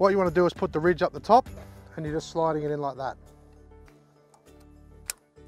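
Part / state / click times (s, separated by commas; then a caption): breakaway brake pin into trailer breakaway switch / seated / 5.1 s. Someone talks while the breakaway brake switch pin on a camper trailer drawbar is slid in with the ridge facing up, and it clicks home at 5.1 seconds. The pin is seated in the trailer breakaway switch.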